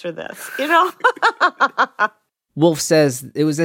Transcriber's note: laughter